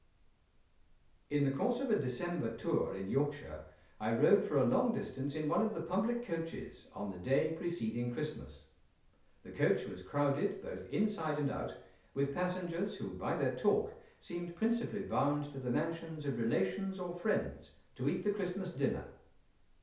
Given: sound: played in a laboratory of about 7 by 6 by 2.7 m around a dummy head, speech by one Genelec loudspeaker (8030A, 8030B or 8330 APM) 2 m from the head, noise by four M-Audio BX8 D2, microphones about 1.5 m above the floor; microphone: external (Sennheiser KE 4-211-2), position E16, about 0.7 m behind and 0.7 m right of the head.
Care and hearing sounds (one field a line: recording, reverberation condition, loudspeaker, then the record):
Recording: male speech in English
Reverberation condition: medium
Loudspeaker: 60 degrees to the left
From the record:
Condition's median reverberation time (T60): about 510 ms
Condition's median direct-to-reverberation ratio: about -0.5 dB